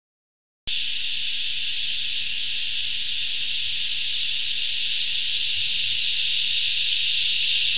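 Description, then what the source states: Cicada drone beginning abruptly after a brief silence, then a sustained high, hissing buzz that continues evenly to the end, with a soft low hum beneath. Recorded in 2018.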